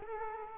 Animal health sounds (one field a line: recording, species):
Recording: mosquito wingbeat signal from an infrared sensor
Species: Culex quinquefasciatus